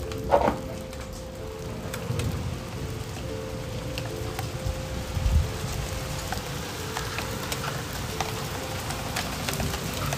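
Steady rain patters with scattered louder drops, over a low continuous rumble and a faint steady tone near the middle.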